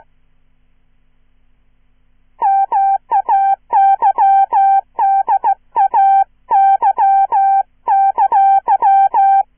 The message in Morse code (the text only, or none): MAYDAY!